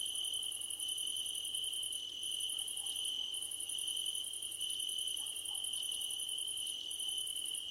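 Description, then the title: Chorus of crickets, a steady high tone beneath bursts of quick pulsed trills, with a few faint lower chirps scattered through. Crickets at night under a starlit sky. "Nighttime Ambience with Crickets"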